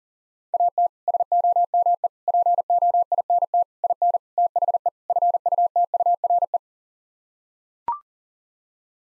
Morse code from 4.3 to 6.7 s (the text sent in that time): THE FUTURE